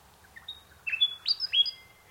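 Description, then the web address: Bird singing a brief phrase of pure whistled notes, a few soft notes then louder up-slurred whistles near the end. Unidentified bird in mangroves. "Sound Effects-Foundation 1 BIRD UNKNOWN MAGROVES 05 SEQUENCE 01"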